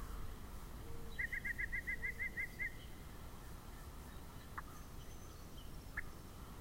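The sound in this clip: Yellow-breasted chat rattling off a quick series of about ten bright piping notes, followed by a couple of sharp isolated clicks against steady low background noise.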